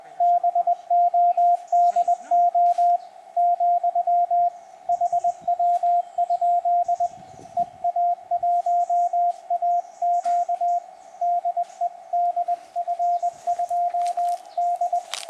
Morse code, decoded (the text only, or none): BODO , HW? EA1AQ DE DF2D